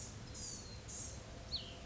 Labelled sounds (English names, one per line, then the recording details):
Blue-gray Gnatcatcher
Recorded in Sonoma County, California